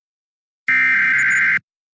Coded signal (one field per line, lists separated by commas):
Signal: Emergency Alert System (SAME) tones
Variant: header bursts